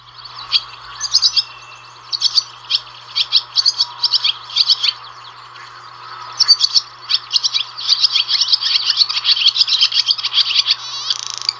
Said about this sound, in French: Les hirondelles, c'est celles qui font les nids, vous savez, juste en dessous des toits là. Elles reviennent en ce moment d'Afrique et elles vont venir s'installer chez nous pour faire leur bébé. Et tout de suite, le chant de l'hirondelle rustique.